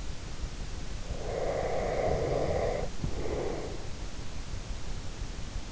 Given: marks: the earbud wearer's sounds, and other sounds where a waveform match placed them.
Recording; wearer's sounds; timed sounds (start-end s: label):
sounds in sleep by an in-ear microphone; breath
1.14-4.05 s: breath